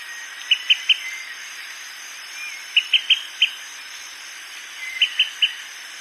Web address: Natures Songs S America Birds of Ecuador Olive-sided Flycatcher